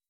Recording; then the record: hydrophone in a shrimp aquaculture tank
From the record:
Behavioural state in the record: weakened